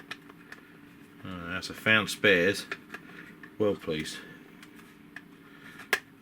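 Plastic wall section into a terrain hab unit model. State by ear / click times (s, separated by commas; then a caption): seated / 5.9 s. A plastic kit wall or door section is pushed into a sci-fi hab unit terrain model while someone talks, with a few faint taps and clicks of handling. A sharp snap at 5.9 s marks the section clicking into place, seated in the model.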